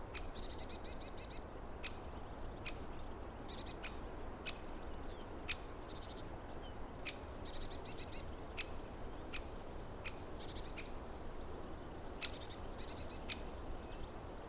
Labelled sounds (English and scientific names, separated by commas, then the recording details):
Great Spotted Woodpecker (Dendrocopos major) call
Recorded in the wild
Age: adult
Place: Bernau bei Berlin, Bernauer Forst, Brandenburg, DE
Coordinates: 52.6975, 13.5211
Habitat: wood
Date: 2007-01-05 12:46
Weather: wechselhaft, ca. 5°C, mäßiger bis starker Wind
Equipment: Sound Devices 702, Sennheiser MKH 70, Windkorb
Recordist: Frommolt, Karl-Heinz